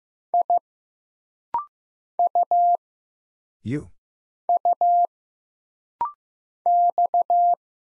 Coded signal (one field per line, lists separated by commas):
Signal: Morse code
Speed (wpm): 15 wpm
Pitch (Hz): 700 Hz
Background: none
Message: I U U X